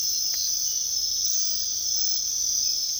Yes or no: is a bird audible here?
no